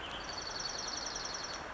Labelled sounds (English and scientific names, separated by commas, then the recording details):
Dark-eyed Junco (Junco hyemalis)
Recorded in Sonoma County, California